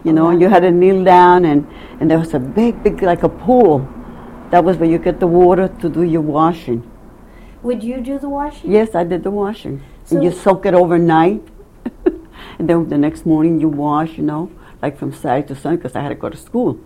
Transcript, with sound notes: You know, and you had to kneel down and there was a big, big like a pool, that was where you get the water to do your washing.
Would you do the washing?
Yes. I did the washing. You soak it overnight. (laughs) The next morning you wash, you know, like from side to side, cause I had to go to school.